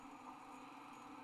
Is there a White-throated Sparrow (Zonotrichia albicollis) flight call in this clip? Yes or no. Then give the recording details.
no. No flight call is heard. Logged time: 22:46 on 29 November 2014